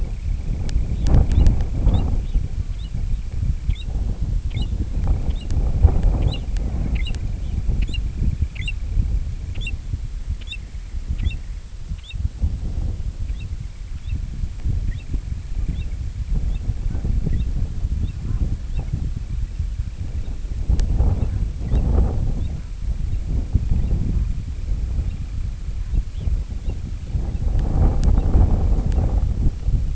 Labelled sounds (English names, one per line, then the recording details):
Semipalmated Sandpiper
Red Phalarope
American Golden-plover
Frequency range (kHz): Semipalmated Sandpiper 1.4-3.0 kHz; Red Phalarope 2.5-4.2 kHz
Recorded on Arctic tundra, site IGLO-D, on 25 June 2018
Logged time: 02:00